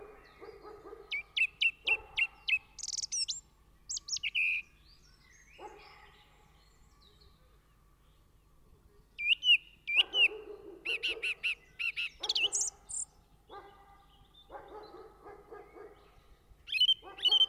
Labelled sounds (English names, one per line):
Song Thrush song